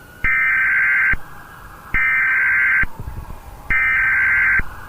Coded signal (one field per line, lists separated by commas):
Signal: Emergency Alert System (SAME) tones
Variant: header bursts